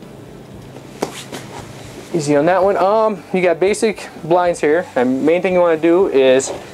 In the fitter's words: and you're just going to push it back in you'll hear the click with the release uh click again